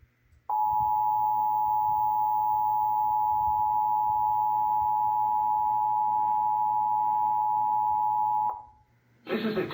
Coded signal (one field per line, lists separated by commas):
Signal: Emergency Alert System (SAME) tones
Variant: 853 and 960 Hz attention tone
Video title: (EAS #801-809) March 2025 Texas Required Monthly Test